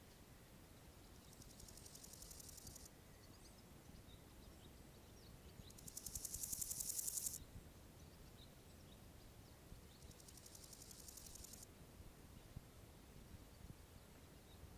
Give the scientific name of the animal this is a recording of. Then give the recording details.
Chorthippus montanus. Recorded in the wild. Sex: male. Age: imago. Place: Summt, Grundstück, Brandenburg, DE. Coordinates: 52.6931, 13.3619. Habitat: Garten, Wiese. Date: 1971-07-25 15:55. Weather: bedeckt, etwas gewittrig, ca. 27°C. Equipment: Uher 4000 Report-Monitor, Sennheiser MD 421. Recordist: Tembrock, Günter